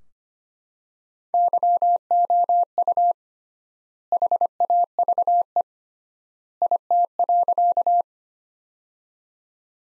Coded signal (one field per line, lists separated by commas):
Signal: Morse code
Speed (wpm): 25 wpm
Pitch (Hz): 700 Hz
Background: none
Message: YOU HAVE IT.